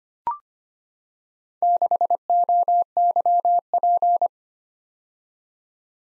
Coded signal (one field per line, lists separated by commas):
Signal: Morse code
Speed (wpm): 25 wpm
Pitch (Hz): 700 Hz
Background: none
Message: 6OYP